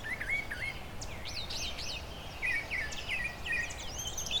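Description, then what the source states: Brown Thrasher song with varied looping whistled phrases, some slurred up and down, delivered in bursts separated by brief pauses, with constant low rumble behind. Mimicry song, each imitated phrase held longer than a mockingbird's, slower tempo with gaps between bouts; parkland meadow with shrubs and tall song trees, Long Point Provincial Park, spring, end of migration.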